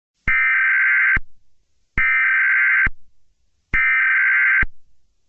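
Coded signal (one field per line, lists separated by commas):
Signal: Emergency Alert System (SAME) tones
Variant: header bursts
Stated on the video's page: Fictional EAS scenario based on a Roblox game.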